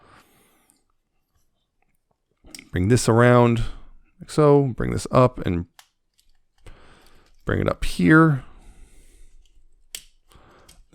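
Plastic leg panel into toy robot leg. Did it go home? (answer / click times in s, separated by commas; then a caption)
yes / 9.9 s. While a plastic Transformers Optimus Prime robot toy is being transformed, a plastic leg panel is brought up and pushed into the toy robot leg until it locks, with a sharp, loud click at 10.0 seconds. Someone talks during the handling before it, and the leg piece clicks into place.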